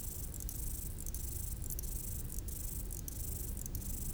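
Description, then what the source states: Grasshopper stridulation: faint, high buzzy bursts repeated at regular intervals over a steady high hiss, with low rumbling background noise throughout. Grasshoppers stridulating on a roadside bank along the road to the Mont du Chat TV relay, 1500 m altitude, Le Bourget-du-Lac, France; distant valley sounds in background.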